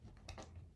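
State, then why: Seated. A plastic backing washer is pushed onto the post of a safety eye through crocheted amigurumi fabric. A soft tick at 0.2 s leads into a sharp snap at 0.3 s, followed by a duller click just after. The washer locks onto the post, so it is seated and won't come off.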